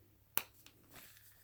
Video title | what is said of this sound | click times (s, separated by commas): Unboxing Overview. Gonex Air Sleeping Pad, Lightweight Camping Air Mattress Pad Inflatable Pillow | Then it's got a valve that just pops right in there. | 0.4 s